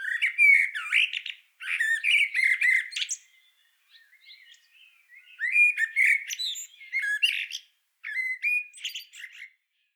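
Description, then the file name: Common blackbird giving harsh, squawking calls in rapid chattering bursts, a loud run for three seconds, a few faint notes, then more bursts after a short pause. "Turdus merula"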